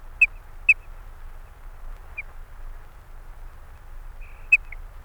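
Eurasian dotterel calling with short piping notes, then a brief drawn-out whistle ending in a sharp note, against a constant low background rumble.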